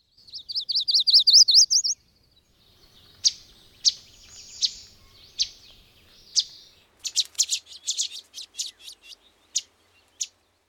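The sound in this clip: Chestnut-sided Warbler: a brief series of high wavering notes, then scattered sharp chips and short twittering notes.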